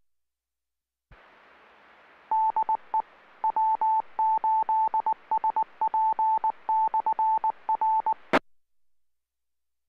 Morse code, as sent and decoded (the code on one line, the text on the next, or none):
-.. . / .-- ---.. ... .--. -..-. .-.
DE W8SP/R